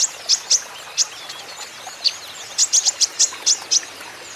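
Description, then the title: Van Hasselt's sunbird song of sharp, very high chips, spaced unevenly and then bunched into quick runs near the end, over a steady faint hiss. 'Ijoan' konin in full 'gacor' song, a steady song used as a lure and therapy to prompt caged konin sunbirds to answer. "KOLIBRI NINJA KONIN IJOAN GACOR PANCINGAN TERAPI KONIN NYAUT"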